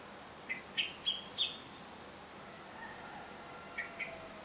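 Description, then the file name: Eurasian blackbird calls: four sharp, rising notes in quick succession, then a pause and two fainter notes. "Turdus merula"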